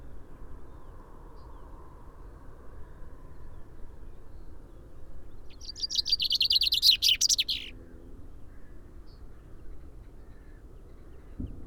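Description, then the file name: Common chaffinch giving a single song phrase, a fast run of high chipping notes ending in a flourish, against a soft continuous low hum. "Fringilla coelebs"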